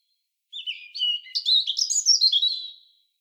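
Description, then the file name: European robin: one sweet, high warble of fast, shifting notes, about two and a half seconds long, in otherwise quiet surroundings. "Erithacus rubecula"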